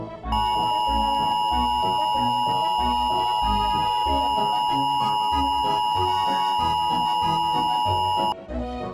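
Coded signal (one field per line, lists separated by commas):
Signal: Emergency Alert System (SAME) tones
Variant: 853 and 960 Hz attention tone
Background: music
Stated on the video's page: Joke EAS parody.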